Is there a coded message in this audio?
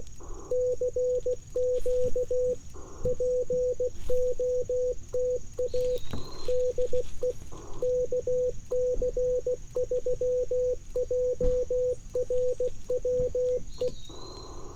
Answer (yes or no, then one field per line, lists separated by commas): yes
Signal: Morse code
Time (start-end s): 0.5-13.9 s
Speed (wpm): 16 wpm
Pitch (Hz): 500 Hz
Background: radio noise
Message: CQ POTA DE KC3JRW E